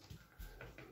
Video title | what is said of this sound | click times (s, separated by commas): Uragan 2 AAO 2023 Upgrade Kit install video with Test. | right, next we've got we've got this cover on and we're just going to push it down so it clicks in place. | 0.6 s, 0.8 s